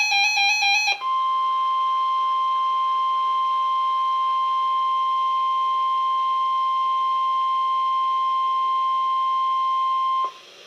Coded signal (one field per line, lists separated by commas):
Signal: Emergency Alert System (SAME) tones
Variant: 1050 Hz attention tone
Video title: EAS #425 - River Flood Warning 6-10-2014